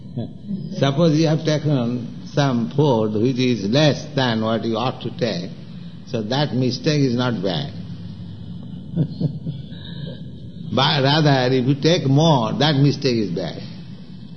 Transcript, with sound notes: Suppose you have taken some food which is less than what you ought to take, so that mistake is not bad. [Laughter] but rather if you take more, that mistake is bad.